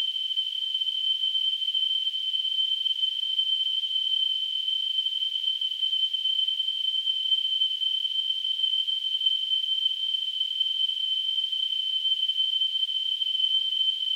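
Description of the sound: A steady, unbroken high-pitched tone with a faint hiss, simulating tonal tinnitus.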